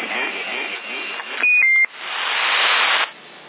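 A telephone gives two quick electronic beeps, the second a little lower in pitch, sounding loud and steady between stretches of hissing, crackly line noise.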